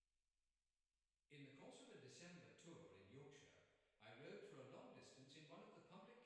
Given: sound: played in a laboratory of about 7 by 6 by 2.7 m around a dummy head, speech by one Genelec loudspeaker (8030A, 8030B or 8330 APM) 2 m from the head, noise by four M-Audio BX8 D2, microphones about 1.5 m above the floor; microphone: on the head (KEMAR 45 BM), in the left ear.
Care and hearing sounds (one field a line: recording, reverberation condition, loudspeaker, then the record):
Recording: male speech in English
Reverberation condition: high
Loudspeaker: 30 degrees to the right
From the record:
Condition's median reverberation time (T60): about 1300 ms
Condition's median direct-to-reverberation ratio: about -4.0 dB